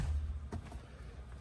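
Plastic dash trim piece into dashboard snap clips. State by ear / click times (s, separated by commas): not seated / none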